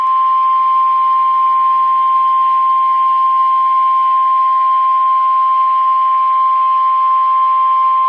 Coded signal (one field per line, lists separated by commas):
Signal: Emergency Alert System (SAME) tones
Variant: 1050 Hz attention tone